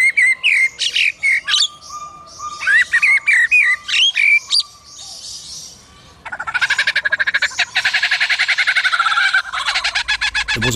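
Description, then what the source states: Lyrebird mimicry: bursts of high squeaky chirps and twisting whistles, a brief pause, then a long, fast, rattling chatter of repeated harsh notes. Chuck, a hand-reared male at Adelaide Zoo, mimicking other birds such as lorikeets, kookaburras and magpie-larks.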